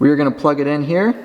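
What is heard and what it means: Someone talks while an RJ45 Ethernet cable plug is brought to the network jack on a security camera's pigtail for a weatherproof PoE connection. The clip ends before the plug goes home, and nothing has seated or clicked yet.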